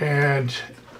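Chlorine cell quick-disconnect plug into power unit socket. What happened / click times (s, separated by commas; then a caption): The plug is being handled and has not clicked into its socket yet / none. A chlorine generator cell's quick-disconnect plug is handled at its slot on the power unit while someone talks briefly. The level fades toward the end with no sharp transient. The plug has not seated or clicked yet.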